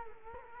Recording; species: mosquito wingbeat signal from an infrared sensor; Culex quinquefasciatus